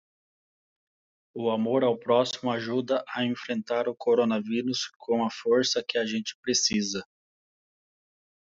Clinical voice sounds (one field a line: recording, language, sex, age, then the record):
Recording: spoken sentence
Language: Brazilian Portuguese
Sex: male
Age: 40 to 49 years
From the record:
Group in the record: control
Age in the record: 44 years